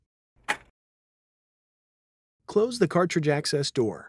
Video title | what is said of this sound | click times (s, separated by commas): Fixing a Carriage Jam HP Photosmart 6520 e All in One Printer HP | the clean-out door into the printer and gently push down until it snaps into place close | 0.5 s